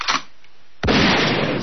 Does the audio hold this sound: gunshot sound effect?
yes